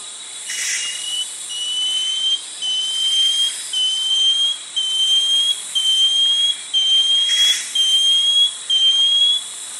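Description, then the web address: Banded Antbird song: a steady series of thin, high whistles, each one slightly rising, repeated about once a second over a soft background hiss. Recorded in the eastern lowlands of South America. "Natures Songs S America Eastern Lowlands. Banded Antbird"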